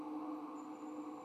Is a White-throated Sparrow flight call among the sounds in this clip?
no